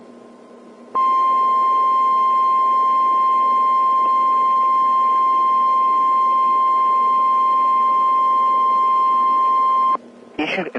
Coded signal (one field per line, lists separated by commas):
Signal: Emergency Alert System (SAME) tones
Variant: 1050 Hz attention tone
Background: speech